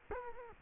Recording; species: mosquito wingbeat signal from an infrared sensor; Culex quinquefasciatus